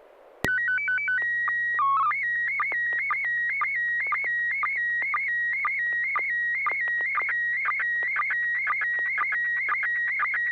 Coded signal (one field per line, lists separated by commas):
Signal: SSTV (slow-scan television)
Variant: PD 120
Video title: N6NA SSTV Net - 10/23/2024